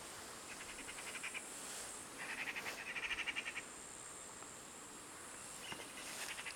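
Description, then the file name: Eurasian magpie giving harsh, rattling chatters in several quick bursts of clicks, over a constant high insect buzz. "Pica pica"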